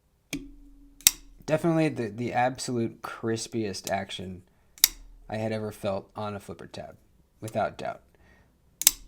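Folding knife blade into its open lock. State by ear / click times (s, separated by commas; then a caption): seated / 8.8 s, 8.9 s. Someone talks, then a folding knife's flipper tab is flicked and the blade flips open with a sharp double click at 8.8 s and 8.9 s. The first click is the detent breaking, the second is the blade locking up in its open lock, and the blade is seated.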